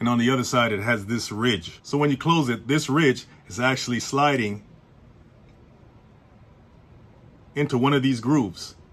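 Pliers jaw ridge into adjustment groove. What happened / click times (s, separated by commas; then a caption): Handled, not yet home: no seating click heard / none. A pair of tongue-and-groove (channel-lock) slip-joint pliers is handled while the jaw is adjusted so its metal ridge slides toward one of the adjustment grooves. Someone talks from 0 to about 4.6 seconds, a quiet stretch follows, and the talking resumes near 7.6 seconds. Nothing has seated or clicked yet.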